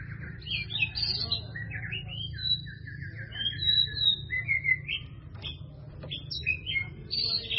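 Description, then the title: White-rumped Shama song of fluting whistles and quick trills over a steady low hum and background noise. "murai batu"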